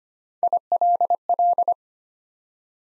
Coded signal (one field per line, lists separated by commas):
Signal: Morse code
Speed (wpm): 25 wpm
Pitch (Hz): 700 Hz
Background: none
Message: ILL